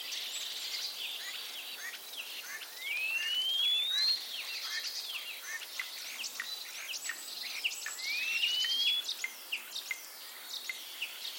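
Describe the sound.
Common starling giving long rising whistles twice, set against dense clicking and chattering notes throughout.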